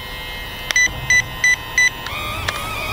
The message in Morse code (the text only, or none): none